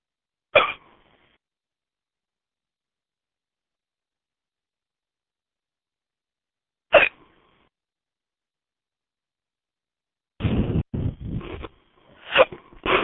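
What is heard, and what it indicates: An adult woman's hiccups during a voice chat: two sharp, isolated hiccups about six seconds apart, then a rapid cluster of further bursts near the end.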